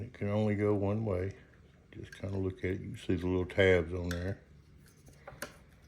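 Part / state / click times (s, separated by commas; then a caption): laser module cable connector into its socket on the engraver gantry / seated / 5.4 s. A small plastic keyed connector with tabs on the laser module's cable is pushed into its socket on the gantry of a Longer B1 30 Watt laser engraver while someone talks. After the talking stops, a faint tick is followed by a sharp snap at 5.4 seconds as the connector seats in place.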